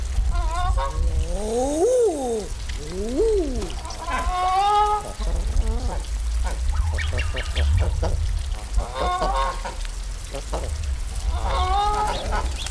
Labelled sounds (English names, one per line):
Canada Goose call